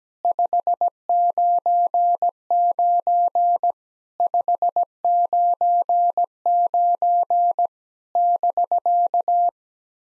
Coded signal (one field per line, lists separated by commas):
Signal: Morse code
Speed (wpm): 17 wpm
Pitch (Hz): 700 Hz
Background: none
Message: 599 599 <BK>